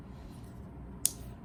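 An Osmo Action 4 action camera in its skeleton case is pushed onto its quick-release mount, with faint low handling ticks under a steady low background. One sharp, bright click comes at 1.1 s as the two latches lock, and the camera is seated.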